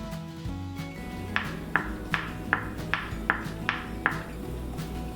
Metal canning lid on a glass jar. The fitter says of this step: If they haven't sealed, you'll hear this.